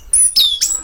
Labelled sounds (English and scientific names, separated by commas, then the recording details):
Stitchbird (Notiomystis cincta) song
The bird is a male
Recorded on Tiritiri Matangi Island, New Zealand, in 2005
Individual 12, of nest box 16